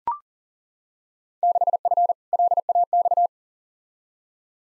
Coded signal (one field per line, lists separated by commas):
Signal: Morse code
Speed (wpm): 40 wpm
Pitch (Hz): 700 Hz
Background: none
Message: 6F LAX